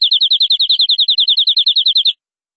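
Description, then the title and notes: Canary song with a single rapid, evenly pulsed trill of repeated notes, just over two seconds long, ending abruptly into silence. "BM Suara Kenari. BM Suara Burung Kenari"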